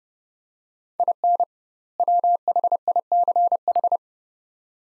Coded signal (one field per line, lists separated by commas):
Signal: Morse code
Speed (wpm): 30 wpm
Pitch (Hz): 700 Hz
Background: none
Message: IN WHICH